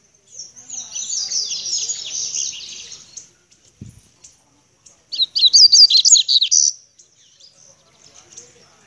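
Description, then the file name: Seedeater song: two bursts of high, rapid twittering chirps and trills, the first lasting about three seconds, the second a quicker, choppier phrase after a pause. "canto do papa capim"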